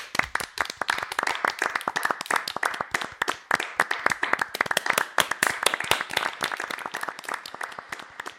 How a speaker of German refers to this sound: Aber hat es denn ganz gut funktioniert bis jetzt mit diesem Klatschen? Ja, es hat hervorragend funktioniert. Ich habe immer für mich applaudiert, so am Anfang des Tages. So ein Klatscher, damit ich irgendwie emotional.